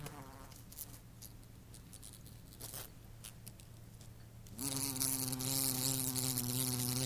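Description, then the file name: Bumblebee buzz: a faint low hum at first, then a loud, steady, droning buzz with rich harmonics that sets in abruptly after four and a half seconds and continues to the end. "zvuki shmelia"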